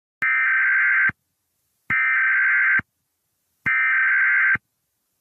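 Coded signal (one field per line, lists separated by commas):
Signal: Emergency Alert System (SAME) tones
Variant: header bursts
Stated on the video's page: Fictional EAS scenario using valid SAME headers.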